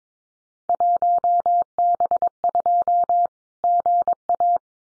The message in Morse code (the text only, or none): 1B2 GA